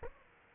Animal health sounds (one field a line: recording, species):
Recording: mosquito wingbeat signal from an infrared sensor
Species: Aedes aegypti